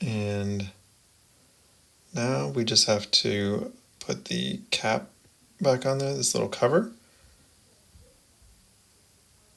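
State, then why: Not seated. Someone talks while a small plastic cover cap is lined up to refit onto a Tesla mobile charger cable holder. Nothing has snapped in or clicked yet in this stretch, and the clip ends in near silence.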